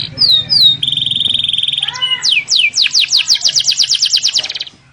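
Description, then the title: Canary song: paired slurred whistles, a steady buzzy tone, then falling sweeps that speed into a fast, even trill before stopping. Canary song used as a lure to get lazy, quiet canaries singing energetically. "mster Mnuk. PANCINGAN KENARI MALES BUNYI JADI GACOR"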